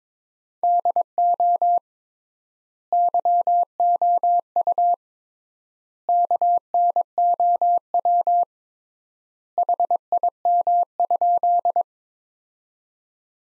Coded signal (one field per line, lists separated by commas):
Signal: Morse code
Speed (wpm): 22 wpm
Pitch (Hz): 700 Hz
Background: none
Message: DO YOU KNOW HIM?